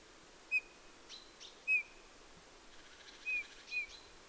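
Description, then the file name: Eurasian bullfinch soft piping calls, about four short whistled notes with a few fainter sounds, against a quiet hiss. "Pyrrhula pyrrhula"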